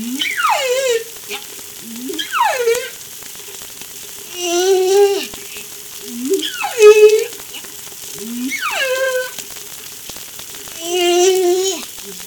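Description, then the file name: Humpback whale song: repeated sweeping cries falling from high to low, alternating with steady harmonic moans, a phrase roughly every two seconds. Recorded off La Réunion by Darewin on 3 July 2013. "Humpback Darewin La Reunion Jul 03 2013"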